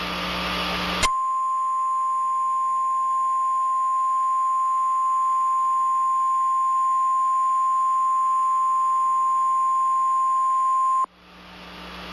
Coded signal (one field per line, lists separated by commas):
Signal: Emergency Alert System (SAME) tones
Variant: 1050 Hz attention tone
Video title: Eas scenario: inquisitormaster werewolf